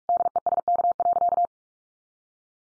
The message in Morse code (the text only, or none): DESK.